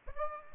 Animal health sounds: mosquito wingbeat signal from an infrared sensor; Aedes aegypti

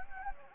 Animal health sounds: mosquito wingbeat signal from an infrared sensor; Anopheles gambiae

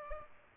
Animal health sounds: mosquito wingbeat signal from an infrared sensor; Aedes aegypti

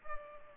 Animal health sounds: mosquito wingbeat signal from an infrared sensor; Culex pipiens

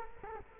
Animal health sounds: mosquito wingbeat signal from an infrared sensor; Culex quinquefasciatus

